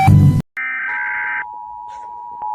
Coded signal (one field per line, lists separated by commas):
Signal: Emergency Alert System (SAME) tones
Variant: header bursts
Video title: Every EAS Alarm From Around The World (11)